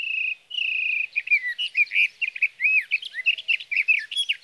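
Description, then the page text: Sage thrasher song opening with two steady whistled notes, then breaking into a rapid run of arched, slurred warbles. Male singing through the night near his night roost, evening of June 12 to morning of June 15, 2018, Sierra Valley, California; recorded with a Swift recorder. "Birdsong for the Curious Naturalist: Explore #7. 61. Sage thrasher songs, through the night. from the evening of June 12 to the morning of June 15, 2018, in Sierra Valley, California"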